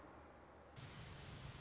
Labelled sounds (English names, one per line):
Orange-crowned Warbler